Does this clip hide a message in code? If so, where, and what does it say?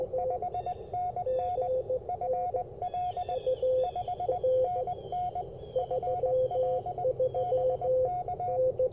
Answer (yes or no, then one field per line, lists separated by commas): yes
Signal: Morse code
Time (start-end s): 0.2-8.6 s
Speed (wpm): 20 wpm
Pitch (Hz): 720 Hz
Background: radio noise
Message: 5NN FL 5NN FL BK